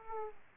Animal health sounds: mosquito wingbeat signal from an infrared sensor; Aedes aegypti

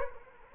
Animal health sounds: mosquito wingbeat signal from an infrared sensor; Culex quinquefasciatus

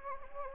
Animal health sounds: mosquito wingbeat signal from an infrared sensor; Anopheles gambiae

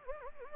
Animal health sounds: mosquito wingbeat signal from an infrared sensor; Anopheles gambiae

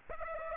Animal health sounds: mosquito wingbeat signal from an infrared sensor; Aedes aegypti

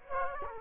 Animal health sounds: mosquito wingbeat signal from an infrared sensor; Culex quinquefasciatus

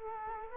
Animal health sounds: mosquito wingbeat signal from an infrared sensor; Culex quinquefasciatus

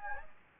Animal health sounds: mosquito wingbeat signal from an infrared sensor; Anopheles gambiae

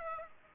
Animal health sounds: mosquito wingbeat signal from an infrared sensor; Aedes aegypti

